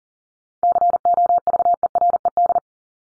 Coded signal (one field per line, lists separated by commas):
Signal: Morse code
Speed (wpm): 40 wpm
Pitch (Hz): 700 Hz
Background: none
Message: COVERED